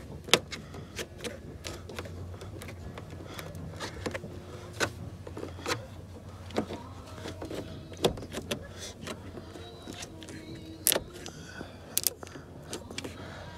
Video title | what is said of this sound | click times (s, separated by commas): How to install new Jeep door seals | You can actually even hear it snapping when it hits. | 0.3 s, 10.9 s, 12.0 s, 12.1 s